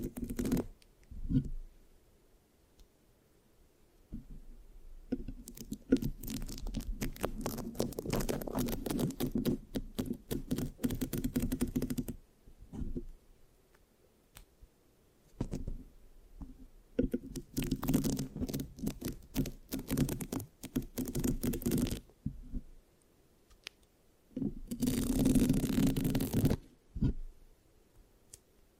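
Scratching and rubbing on a microphone come in long bursts separated by near-silent pauses, with main stretches around 6–13 and 16–22 seconds. The sound is a dense, crackly scrape over a soft low rumble, with a brighter, sticky-sounding burst near 25 seconds.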